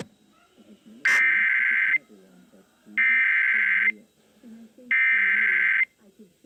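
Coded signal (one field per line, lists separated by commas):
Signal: Emergency Alert System (SAME) tones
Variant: header bursts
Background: speech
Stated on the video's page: Weather alerts caught during a severe weather event.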